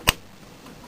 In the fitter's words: push it in until it snaps